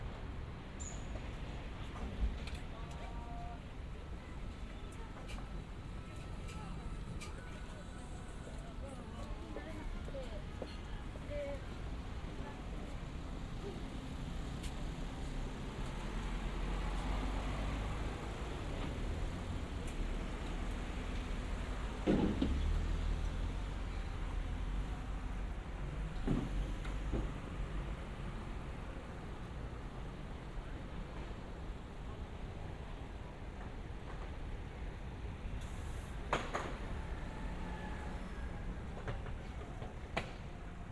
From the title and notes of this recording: 3D AUDIO TOKYO WALKING - Shinbashi(新橋), Japan.